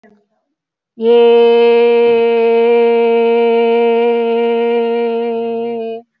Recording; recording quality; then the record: sustained vowel as in made; excellent, no background noise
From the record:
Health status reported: healthy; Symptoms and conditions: none ticked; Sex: female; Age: 44 years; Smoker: not ticked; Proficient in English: yes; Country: India